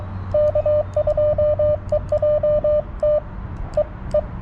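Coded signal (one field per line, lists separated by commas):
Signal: Morse code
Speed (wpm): 23 wpm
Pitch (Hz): 600 Hz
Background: radio noise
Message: K2EJT E E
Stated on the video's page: CW Parks On The Air activation on 40m using a TX-500 with a WRC antenna and BaMaTech TP-III key.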